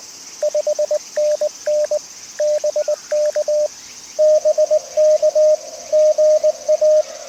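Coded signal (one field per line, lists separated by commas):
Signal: Morse code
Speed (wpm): 19 wpm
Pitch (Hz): 610 Hz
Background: radio noise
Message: 5NN BK BK GA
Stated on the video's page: CW from a park activation (POTA) sent at 20/18 WPM by a CW beginner running CQ POTA, on 7 MHz then 10 MHz.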